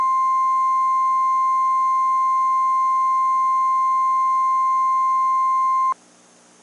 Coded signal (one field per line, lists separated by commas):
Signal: Emergency Alert System (SAME) tones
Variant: 1050 Hz attention tone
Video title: EAS Mock: Fire Tornado?? (Requested)